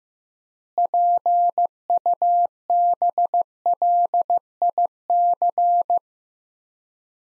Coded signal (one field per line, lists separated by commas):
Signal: Morse code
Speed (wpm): 16 wpm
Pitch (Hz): 700 Hz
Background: none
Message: PUBLIC